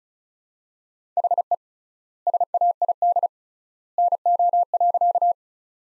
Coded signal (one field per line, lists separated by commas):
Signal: Morse code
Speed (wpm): 36 wpm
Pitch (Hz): 700 Hz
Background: none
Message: HE SAID NO.